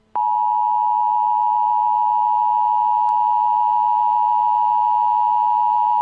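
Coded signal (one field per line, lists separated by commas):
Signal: Emergency Alert System (SAME) tones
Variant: 853 and 960 Hz attention tone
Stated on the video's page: Fictional scenario alert, not a real broadcast.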